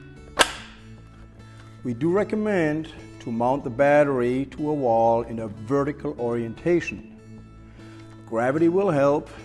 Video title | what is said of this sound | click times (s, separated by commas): SC 5010 HS/ES - Mobile Operating Table - Application Video - AKRUS | set up the battery on the rails and wait for the audible click | 0.4 s